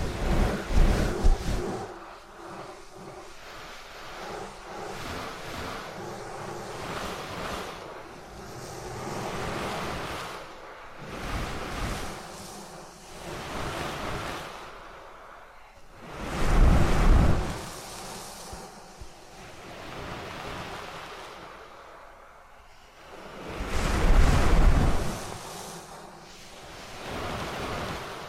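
Ear canal and eardrum cleaning sounds: a continuous scratchy, rustling rub that swells and fades in slow waves. Louder, rougher bursts with a deep thump come at the start, around 16 seconds and again near 24 seconds, between softer stretches of faint scraping.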